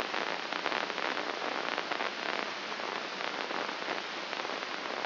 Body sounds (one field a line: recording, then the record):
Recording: brain microelectrode recording played as sound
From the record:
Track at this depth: outside the subthalamic nucleus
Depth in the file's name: 6.429 mm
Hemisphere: left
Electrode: 2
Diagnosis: Parkinson's disease